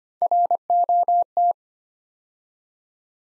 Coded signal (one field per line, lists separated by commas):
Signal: Morse code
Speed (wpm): 25 wpm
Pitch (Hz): 700 Hz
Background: none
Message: ROT